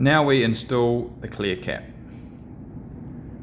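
Someone talks as the clear plastic cap of an RJ45 Cat6 keystone jack is picked up and lined up over the punched-down cores, followed by a quiet stretch of low room hiss with no hits. The cap has not been pressed on yet, and nothing has clicked.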